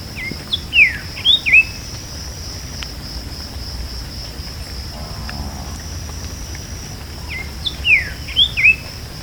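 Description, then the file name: Bird sounding a quick run of whistled, downslurred and upslurred notes twice, separated by a quiet gap; a steady high whine continues. "SABIOD bird 2015"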